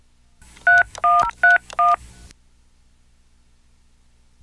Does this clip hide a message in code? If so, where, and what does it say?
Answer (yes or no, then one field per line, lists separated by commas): yes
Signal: DTMF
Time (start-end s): 0.7-1.9 s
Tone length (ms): 170 ms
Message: 31031